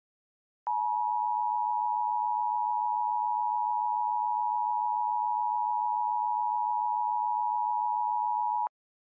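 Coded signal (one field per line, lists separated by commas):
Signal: Emergency Alert System (SAME) tones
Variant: 853 and 960 Hz attention tone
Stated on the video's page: Mock EAS alert for a night storm, with a Chyron CODI scroll.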